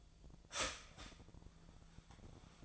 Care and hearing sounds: daily activity, microphone in the room; start toaster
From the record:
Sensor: 5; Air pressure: 1009.4 hPa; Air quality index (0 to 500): 166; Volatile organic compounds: 4 ppm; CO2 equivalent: 1604 ppm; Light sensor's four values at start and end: 79/213/85/88 and 77/209/83/85

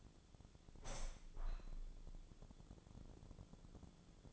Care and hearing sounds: daily activity, microphone in the room; open window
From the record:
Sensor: 5

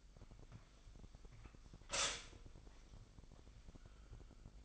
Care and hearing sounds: daily activity, microphone in the room; stop toaster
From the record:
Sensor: 5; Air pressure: 1002.1 hPa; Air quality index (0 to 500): 205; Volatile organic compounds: 19 ppm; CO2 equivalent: 2657 ppm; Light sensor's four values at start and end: 33/108/41/43 and 33/108/41/43

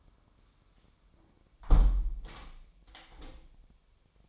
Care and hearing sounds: daily activity, microphone in the room; close window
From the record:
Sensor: 1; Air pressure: 1006.5 hPa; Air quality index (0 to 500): 208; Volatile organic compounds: 24 ppm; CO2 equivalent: 2806 ppm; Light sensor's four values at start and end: 12/31/12/14 and 12/30/12/13

